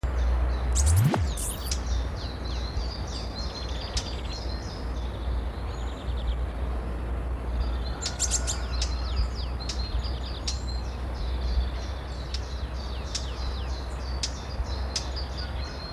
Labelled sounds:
Eurasian Blackcap
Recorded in the wild
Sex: male
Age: adult
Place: Malchower Aue, Berlin, DE
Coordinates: 52.5808, 13.4886
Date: 1990-04-15
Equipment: Riporter 6 RG-K, Halbspur, Sennheiser MKH 416 T
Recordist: Frommolt, Karl-Heinz

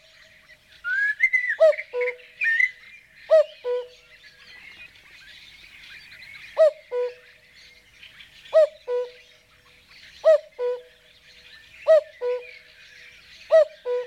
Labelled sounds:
Common Cuckoo song
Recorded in the wild
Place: Kaiserstuhl, Baden-Württemberg, DE
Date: 1981-05-23
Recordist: Schwarz, Dieter

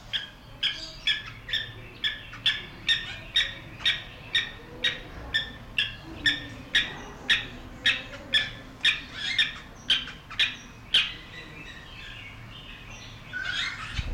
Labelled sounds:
Spur-winged Plover call
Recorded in captivity
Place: Zoo Berlin, Berlin, DE
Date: 1992-08-01 11:20
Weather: sonnig, 22-26°C
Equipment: Marantz CP 430, Sennheiser ME 80, Kopie Tesla B 116
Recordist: Tembrock, Günter
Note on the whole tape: Rufreihen, Abstand ca. 2 m

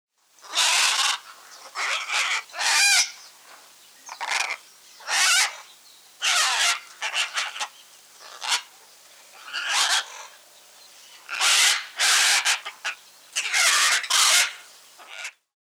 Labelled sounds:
Scarlet Macaw
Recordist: Tembrock, Günter
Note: Diverse Laute

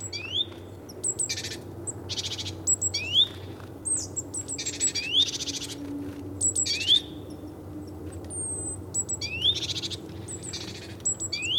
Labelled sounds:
Great Tit call
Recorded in the wild
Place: Venz, Insel Rügen, Mecklenburg-Vorpommern, DE
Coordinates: 54.497, 13.302
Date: 1975-02-22
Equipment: Nagra III BH, Sennheiser MD 21, parabola
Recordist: Schubert, Michael

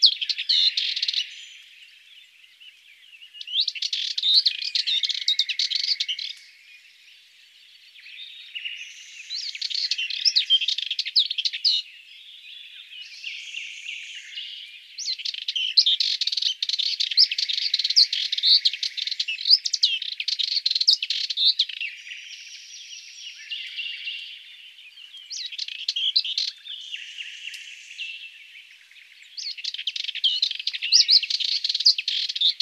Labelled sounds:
Sardinian Warbler song
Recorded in the wild
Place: St. Laurent des Arbres und Umgebung, FR
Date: 2008-05-13
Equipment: MiniDisc Sharp MT 20 H
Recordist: Schwarz, Dieter
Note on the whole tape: Song

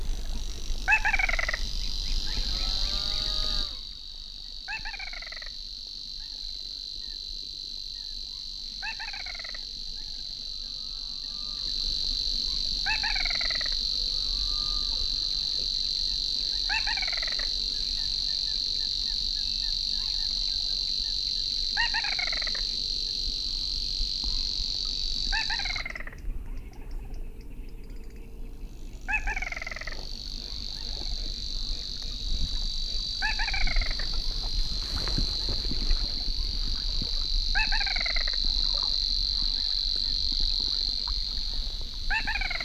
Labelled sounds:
Little Crake call
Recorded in the wild
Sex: female
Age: adult
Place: Kützerhof, Kummerower See, Mecklenburg-Vorpommern, DE
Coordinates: 53.8583, 12.85
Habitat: wetland
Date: 2009-05-05
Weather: heiter, fast windstill, 6°C
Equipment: Sound Devices 702, Sennheiser MKH 70, Rycote Windschutz
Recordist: Frommolt, Karl-Heinz

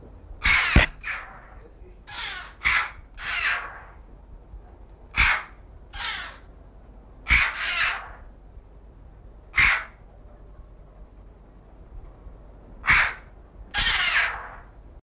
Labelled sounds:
Red-billed Chough call
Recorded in captivity
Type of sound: call
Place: Alpenzoo Innsbruck, Tirol, AT
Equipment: Halbspur, 9,5 cm/s
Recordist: Lütgens, Hans
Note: Rufe

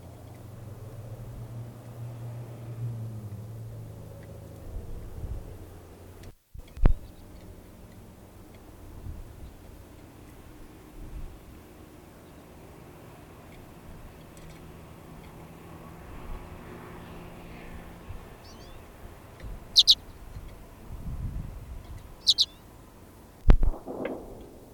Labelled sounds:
Common Redpoll call
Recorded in the wild
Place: Binz, Insel Rügen, Mecklenburg-Vorpommern, DE
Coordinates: 54.39, 13.611
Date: 1978-01-07
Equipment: Nagra III BH, Sennheiser MD 21
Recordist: Schubert, Michael
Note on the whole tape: Birkenzeisig (Carduelis f. flammea) beim natürlichen Locken von überfliegenden Artgenossen

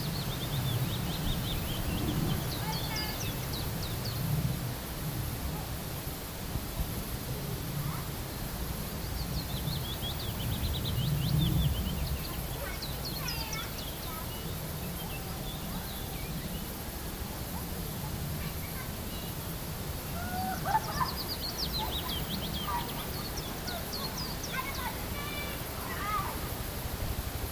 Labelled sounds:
Willow Warbler
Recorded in the wild
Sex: male
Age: adult
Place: Brackenheim, OT Stockheim, Baden-Württemberg, DE
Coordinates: 49.0883, 9.00917
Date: 1969-06-23 14:30
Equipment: Nagra III PH, MD 211, PES 26
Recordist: Jeserich, E. and Schneider, H.-J

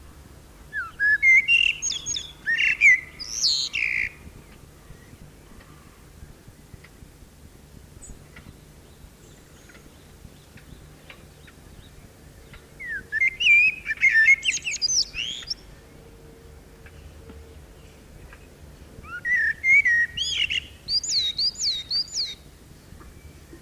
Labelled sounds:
Common Blackbird song
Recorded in the wild
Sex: male
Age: adult
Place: Putbus, Schloßpark, Insel Rügen, Mecklenburg-Vorpommern, DE
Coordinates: 54.3511, 13.4736
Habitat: park
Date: 1979-06-27 20:32
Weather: ca. 15°C
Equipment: ITT Schaub-Lorenz Studio Recorder 72, Verstärker, MD 421 HL, Reflektor, Kopie Uher 4200 Report
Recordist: Tembrock, Günter

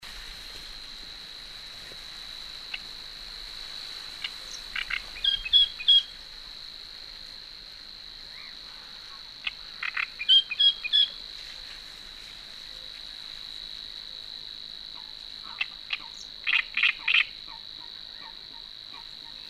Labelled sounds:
Great Reed Warbler song
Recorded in the wild
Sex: male
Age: adult
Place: Warsow, Kummerower See, Mecklenburg-Vorpommern, DE
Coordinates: 53.8342, 12.8506
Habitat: wetland
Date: 2013-05-23 19:06
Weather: cloudy, weak wind, 15°C
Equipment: Sound Devices 702, Sennheiser MKH 70, Rycote Windschutz
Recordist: Frommolt, Karl-Heinz

